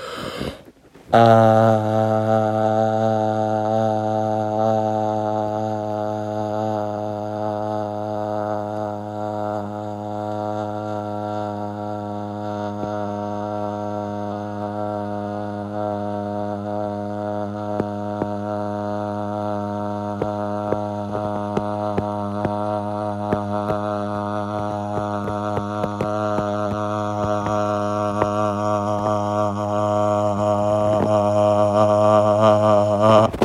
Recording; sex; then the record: sustained vowel /a/; male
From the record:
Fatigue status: no fatigue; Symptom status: asymptomatic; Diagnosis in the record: COVID-19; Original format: m4a